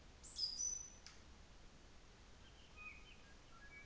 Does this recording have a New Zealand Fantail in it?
no